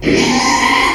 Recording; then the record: squeal of a Yucatan mini pig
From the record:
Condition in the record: after surgery on the right vocal fold (resection and tissue-engineered implant); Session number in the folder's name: 2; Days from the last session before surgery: 13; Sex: male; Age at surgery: 12 weeks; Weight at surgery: 13 kg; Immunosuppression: cyclosporine, prednisolone